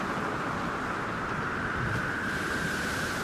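Steady roaring sea surf and gusting wind around a ship that has struck a rock form a dense, constant wash of noise with a faint tonal whistle running through it, loud and unbroken for the whole stretch.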